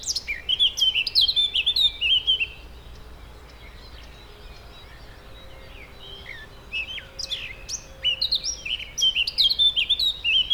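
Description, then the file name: Eurasian blackcap delivering two lively bouts of scratchy, twittering warble mixed with brighter whistles, a quiet gap between them. "Sylvia atricapilla"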